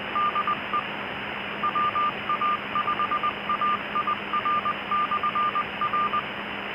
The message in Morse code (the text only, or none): DE WA5AIR/R